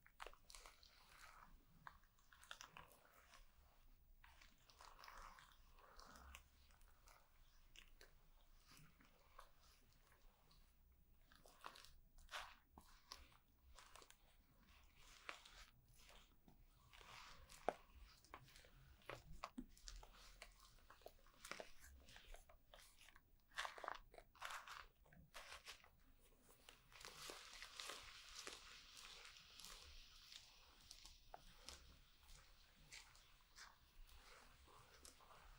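During a haircut, dense crisp snipping and rustling clicks run throughout, giving way after about 27 seconds to a brighter, steadier hiss.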